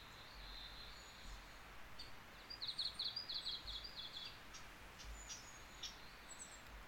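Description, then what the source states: Bird calls: a few faint notes, then a rapid high trill of about a second and a half, then scattered faint chirps over constant low background noise. Wild bird recorded on 27 August 2019.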